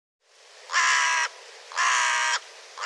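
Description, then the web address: Bird: repeated harsh caws from a bird, two full calls about a second apart and a third just beginning at the end. "cianscape birddata Deverinetal 2025"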